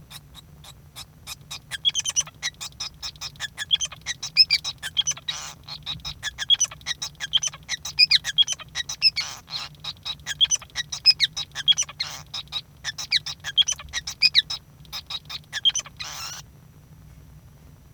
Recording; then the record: song of a male Bengalese finch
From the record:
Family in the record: son of father 5